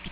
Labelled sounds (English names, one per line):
Ovenbird flight call